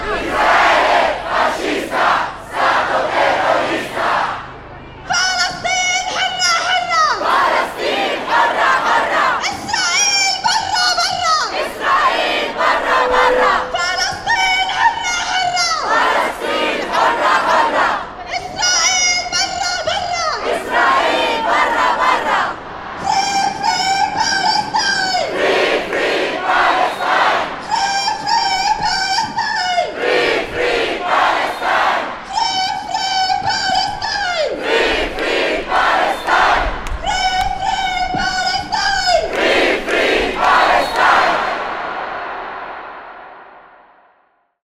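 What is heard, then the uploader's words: A protest crowd chants in a rhythmic call-and-response, loud bursts of many voices shouting together roughly every four to five seconds, with brief lulls between. The chanting is dense, carries steadily for about forty seconds, then fades out at the end. Palestina Libera فلسطين حرة Free Palestine protest, Rome, Italy.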